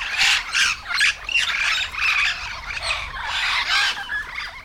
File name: yellow shouldered parrot